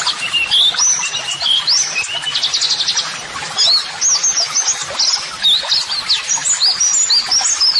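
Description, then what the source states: White-eye song that opens with longer thin whistles, then breaks into rapid, high trilled chirps and wavering twitters. Pleci singing actively ('gacor'), offered as a 'masteran' model song for training birds to answer, and as 'audio terapi'.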